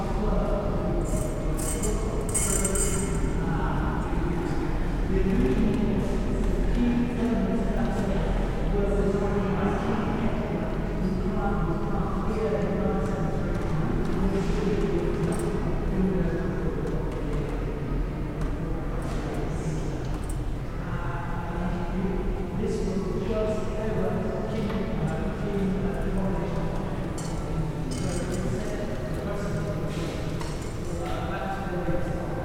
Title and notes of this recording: Binaural Bath Abbey Ambiance. The sounds of echoing footsteps, hushed whispers reverberate